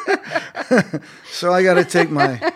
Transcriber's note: laughter